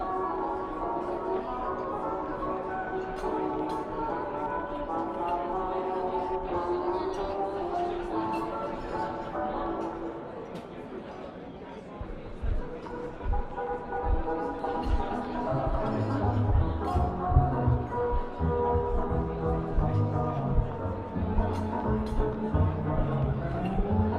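Old-fashioned music plays steadily in a coffee shop, its warm tones filling the clip throughout while light chatter murmurs underneath. Around the twelve-second mark the music dips briefly, then returns fuller with a stronger, more rhythmic low end and occasional clinks and taps.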